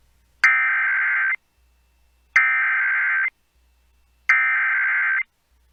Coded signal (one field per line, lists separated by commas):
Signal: Emergency Alert System (SAME) tones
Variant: header bursts